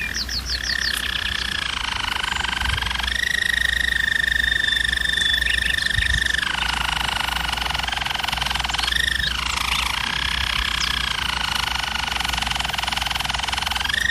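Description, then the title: German Roller canary singing continuous rolling trills in long sections that shift between a lower and a higher pitch, with a few brief bright notes near the start. Canary training recording of a German Roller canary singing. "German Roller Canary Singing - Canary Training Vid"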